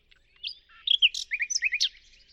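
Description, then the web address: Brief bird song: quick high whistles followed by a tight series of short, evenly spaced chirps. "birddata Deverinetal 2025 Bird Only Lu Me Lu Me"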